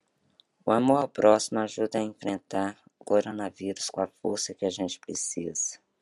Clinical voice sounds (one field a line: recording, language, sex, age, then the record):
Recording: spoken sentence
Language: Brazilian Portuguese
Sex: female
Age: 40 to 49 years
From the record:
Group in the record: control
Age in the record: 45 years